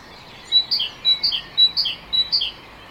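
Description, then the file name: Great tit song: a clear series of four two-note phrases, a high whistle dropping to a lower note, repeated quickly at an even pace. "Parus major"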